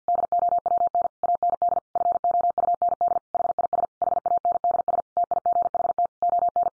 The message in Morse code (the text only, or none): DOWN AND FOUND HIS HANDS TIGHT ON